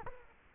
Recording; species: mosquito wingbeat signal from an infrared sensor; Culex quinquefasciatus